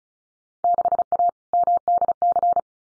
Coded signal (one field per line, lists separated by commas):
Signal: Morse code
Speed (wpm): 34 wpm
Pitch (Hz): 700 Hz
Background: none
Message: 6A MDC